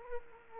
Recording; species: mosquito wingbeat signal from an infrared sensor; Aedes aegypti